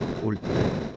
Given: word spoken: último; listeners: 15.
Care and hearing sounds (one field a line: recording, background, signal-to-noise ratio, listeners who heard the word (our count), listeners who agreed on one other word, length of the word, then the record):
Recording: one Spanish word in noise, from a listening test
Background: noise modulated by three-talker babble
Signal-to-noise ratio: -3.9 dB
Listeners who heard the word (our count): 0 of 15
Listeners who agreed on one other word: 9 of 15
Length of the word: 0.56 s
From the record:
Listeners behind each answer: 9, 4, 1, 1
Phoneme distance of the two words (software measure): 21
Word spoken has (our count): 3 syllables, 6 phonemes, stress on syllable 1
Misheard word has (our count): 2 syllables, 5 phonemes, stress on syllable 1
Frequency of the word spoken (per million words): 288.97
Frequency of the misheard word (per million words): 23.67